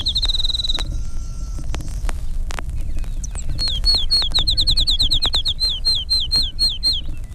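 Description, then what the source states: Field Sparrow song: long whistled notes, then a trill of repeated down-slurred notes that slows, with clicking noise and low rumble beneath. Five males, two songs each; each has its own variation of the family song, two or three long notes followed by a trill.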